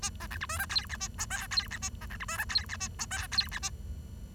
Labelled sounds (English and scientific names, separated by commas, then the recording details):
Bengalese Finch (Lonchura striata domestica) song
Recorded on 23 June 2012 at 09:10
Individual gr41rd51